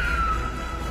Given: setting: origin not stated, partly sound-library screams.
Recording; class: one-second piece from a danger detection set; woman in danger